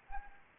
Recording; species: mosquito wingbeat signal from an infrared sensor; Anopheles gambiae